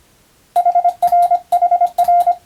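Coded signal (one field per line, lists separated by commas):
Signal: Morse code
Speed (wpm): 25 wpm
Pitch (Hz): 700 Hz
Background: radio noise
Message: HR HR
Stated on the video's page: Morse receiving practice for Japanese radiotelegraph operator exam, Japanese-language telegram drill.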